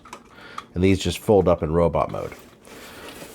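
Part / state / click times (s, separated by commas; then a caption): plastic accessory pieces onto back arms of a toy robot figure / seated / 0.6 s. Two small plastic add-on pieces are pushed onto the little arms sticking out the back of a transforming toy robot action figure, and a sharp click is heard at 0.6 s as they snap in and seat. Someone then talks over the handling.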